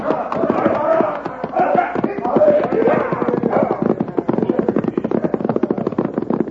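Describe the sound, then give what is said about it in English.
Horses ridden off by riders gallop away in a rapid, dense drumming of hoofbeats that stays loud and steady for several seconds, the clatter becoming more sharply separated toward the end. “All right, man, hit the horses. Let's ride.”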